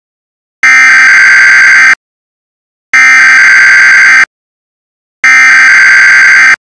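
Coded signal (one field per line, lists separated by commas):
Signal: Emergency Alert System (SAME) tones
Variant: header bursts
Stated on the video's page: Simulated EAS scenario for Halloween.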